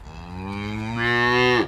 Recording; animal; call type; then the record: contact call of a hoofed animal; cattle; low-frequency (closed-mouth) or high-frequency (open-mouth) call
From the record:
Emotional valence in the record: negative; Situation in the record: full separation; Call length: 1.68 s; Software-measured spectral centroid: 1970 Hz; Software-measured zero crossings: 1900 a second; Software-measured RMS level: -23 dBFS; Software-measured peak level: -7 dBFS